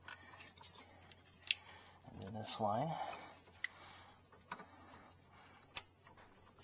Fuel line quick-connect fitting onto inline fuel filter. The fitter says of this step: clicked in pretty good and then